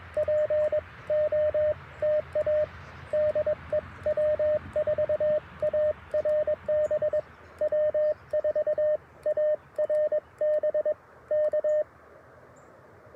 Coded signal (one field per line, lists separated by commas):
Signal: Morse code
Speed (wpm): 21 wpm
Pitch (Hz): 1800 Hz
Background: radio noise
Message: POTA DE W4ARB W4ARB K